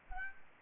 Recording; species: mosquito wingbeat signal from an infrared sensor; Aedes aegypti